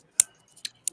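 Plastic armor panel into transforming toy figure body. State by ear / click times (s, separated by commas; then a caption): seated / 0.2 s, 0.9 s. Plastic armor panels are moved into position on a transforming toy figure's body and click into place, with sharp clicks at 0.2 s and 0.9 s and a softer click near 0.65 s between them. The panels are confirmed seated where they belong.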